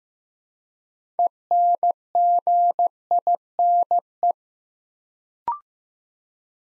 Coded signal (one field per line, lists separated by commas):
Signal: Morse code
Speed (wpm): 15 wpm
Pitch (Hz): 700 Hz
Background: none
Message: ENGINE